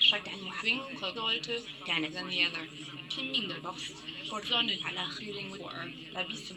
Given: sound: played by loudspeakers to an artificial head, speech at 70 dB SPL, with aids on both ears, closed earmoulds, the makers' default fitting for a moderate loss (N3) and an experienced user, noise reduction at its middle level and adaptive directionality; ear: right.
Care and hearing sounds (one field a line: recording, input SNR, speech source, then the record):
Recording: speech test signal (ISTS) in cocktail-party noise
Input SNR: +3 dB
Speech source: on the right (90 degrees)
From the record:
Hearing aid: class 1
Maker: C